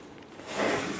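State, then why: Not seated. A backup camera wiring connector is lined up and pushed onto the camera in the tailgate handle of a 2011-2018 Ram, which has a small locking tab. Soft handling rustle rises into a louder scraping, rubbing sound from about 0.5 s, peaking around 0.6 to 0.75 s before easing off. Nothing has seated or clicked yet.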